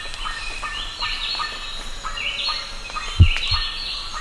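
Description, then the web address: Bird giving bright rising whistled notes over fainter short harmonic calls, with sharp thumps after three seconds and low background rumble. "BIRD 2015 SABIOD 50 bird 2015"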